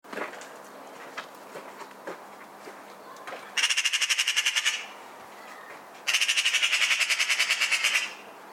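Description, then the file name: Eurasian magpie giving harsh rattling chatter, two bursts of rapid dry clicks about a second and two seconds long, with faint quieter sounds before. "Pica pica"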